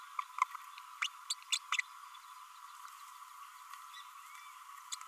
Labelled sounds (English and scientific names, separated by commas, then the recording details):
Green-rumped Parrotlet (Forpus passerinus) babbling
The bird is a male
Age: 33 days
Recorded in a nest box in Venezuela
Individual 17B32A6